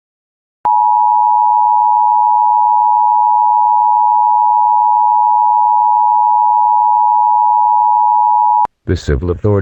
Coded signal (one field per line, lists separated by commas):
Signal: Emergency Alert System (SAME) tones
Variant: 853 and 960 Hz attention tone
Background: speech